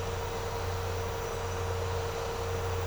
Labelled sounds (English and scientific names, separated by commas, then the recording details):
none
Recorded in secondary vegetation near Puerto Asís, Putumayo, Colombia, on 4 March 2025 at 10:00
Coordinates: 0.468, -76.324
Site G059